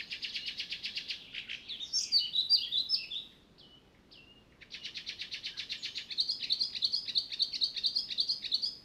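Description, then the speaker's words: Icterine Warbler singing a restless, varied stream: rapid repeated chattering notes, sharp squeaks and whistles, a brief break, then more fast repeated phrases. Song heard only a few weeks a year; the bird is rarely noticed except by its song; 15,000–30,000 pairs breed in Finland, under one percent of Europe's total. "Kultarinnan laulua kannattaa ihastella nyt, sillä sitä ei kuule kuin muutaman viikon koko vuonna. Eikä kultarintaa juuri koskaan huomaakaan muuten kuin laulusta."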